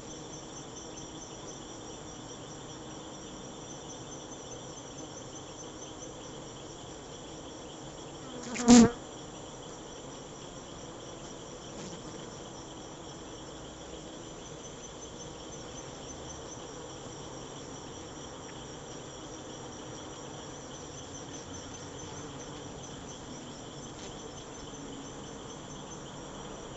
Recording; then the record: honeybee defence experiment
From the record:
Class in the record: attack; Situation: Africanized honeybees under attack by Camponotus atriceps ants